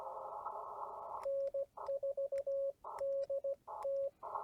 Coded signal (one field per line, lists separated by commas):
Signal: Morse code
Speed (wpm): 17 wpm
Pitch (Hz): 550 Hz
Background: radio noise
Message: N4DT